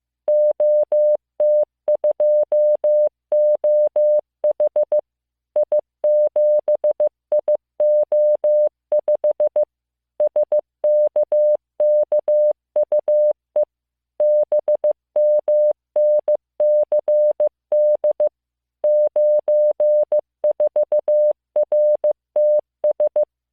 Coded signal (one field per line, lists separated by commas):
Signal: Morse code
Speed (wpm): 15 wpm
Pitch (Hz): 600 Hz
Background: music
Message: OT2OH I7IO5 SKKUE BMNCD 94RTS